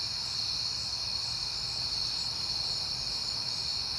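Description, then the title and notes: Crickets sing in a constant, shrill, overlapping chorus, with a faint low hum beneath. Crickets recorded at night in September on a peaceful night. "Night Time: Crickets and Passing Cars. It is September and I have been hearing the crickets a lot"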